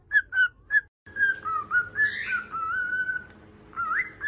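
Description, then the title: Cockatiel whistling: three short whistled notes, a brief silence, then a long flowing whistled phrase that rises and falls before ending on a higher slurred note. More than one cockatiel, singing and whistling. "Calopsitas Cantando Assobio"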